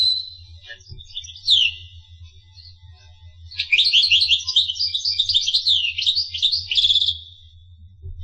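Finch song, a few soft chirps at first, then after a pause a rapid run of high twittering notes lasting about three seconds, over a faint low hum.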